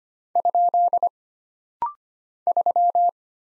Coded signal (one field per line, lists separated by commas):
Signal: Morse code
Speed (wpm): 25 wpm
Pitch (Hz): 700 Hz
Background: none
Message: ? 3